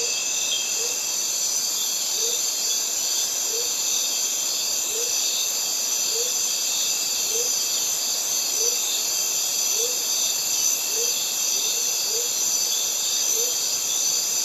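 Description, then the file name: Cicadas sing in a thick, sustained buzzing chorus, joined by a brief low hoot repeated many times at a fairly steady pace. Cicadas recorded together with birds in a Mediterranean forest. "Cicadas and Birds in mediterranean forest"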